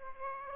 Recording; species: mosquito wingbeat signal from an infrared sensor; Aedes aegypti